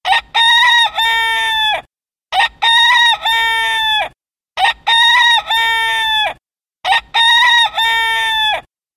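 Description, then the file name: Rooster crowing, a loud, ringing cock-a-doodle-doo repeated four times, each crow lasting under two seconds and followed by a short silence. "kogut"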